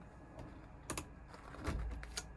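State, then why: Seated. The roof vent window on a 2020 Coachman caravan, which has a rubberized seal on top, is pushed up by hand until its stay reaches the latch position. Sharp clicks sound at 0.9, 1.0, 2.0 and 2.2 seconds over a quiet background with soft handling noise. The stay clicks into its first latch position and the window is rested there.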